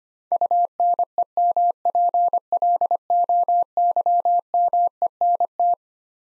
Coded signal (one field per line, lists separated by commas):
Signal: Morse code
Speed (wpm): 25 wpm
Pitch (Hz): 700 Hz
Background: none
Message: UNEMPLOYMENT